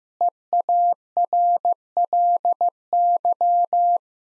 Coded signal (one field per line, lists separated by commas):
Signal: Morse code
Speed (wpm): 16 wpm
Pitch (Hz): 700 Hz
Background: none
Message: EARLY